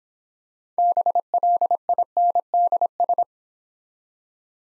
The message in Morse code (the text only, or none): BLINDS